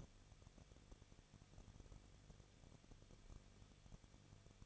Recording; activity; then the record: daily activity, microphone in the room; no activity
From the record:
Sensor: 4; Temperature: 23.0 degrees Celsius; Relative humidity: 34.1%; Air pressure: 1007.4 hPa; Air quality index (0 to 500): 212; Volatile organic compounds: 14 ppm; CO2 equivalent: 2440 ppm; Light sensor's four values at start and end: 2/3/1/1 and 2/3/1/1